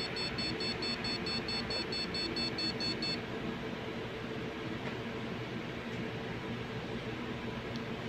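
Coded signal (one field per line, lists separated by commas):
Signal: beep code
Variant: Gigabyte motherboard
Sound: fast continuous short high beeps, about five per second, stopping after three seconds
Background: fan hum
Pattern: continuous short beeps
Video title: Gigabyte Motherboard Continues Beep Code Error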